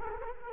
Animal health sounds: mosquito wingbeat signal from an infrared sensor; Culex quinquefasciatus

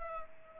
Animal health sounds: mosquito wingbeat signal from an infrared sensor; Culex pipiens

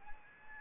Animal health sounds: mosquito wingbeat signal from an infrared sensor; Aedes albopictus

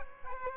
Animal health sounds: mosquito wingbeat signal from an infrared sensor; Aedes aegypti

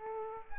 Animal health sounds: mosquito wingbeat signal from an infrared sensor; Aedes aegypti

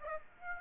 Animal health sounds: mosquito wingbeat signal from an infrared sensor; Aedes aegypti

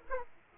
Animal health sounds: mosquito wingbeat signal from an infrared sensor; Aedes aegypti

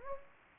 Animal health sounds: mosquito wingbeat signal from an infrared sensor; Anopheles gambiae

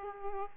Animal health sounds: mosquito wingbeat signal from an infrared sensor; Aedes aegypti

